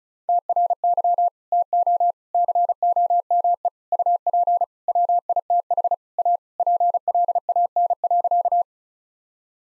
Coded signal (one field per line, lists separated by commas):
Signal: Morse code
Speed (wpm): 36 wpm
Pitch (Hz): 700 Hz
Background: none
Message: TRY TO COME UP WITH A PLAN.